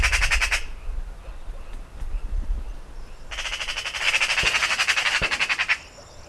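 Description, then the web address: Eurasian Magpie with a brief harsh rattle, a quiet pause of about three seconds, then a longer chattering burst lasting over two seconds. "Ocells Cultura Urraca común"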